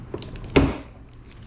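A new wiper blade is slid through the hook of a windshield wiper arm and pulled up until it snaps into place. A faint tick at about 0.2 s comes before a sharp, loud snap at 0.6 s that rings briefly and fades. The blade is seated on the arm.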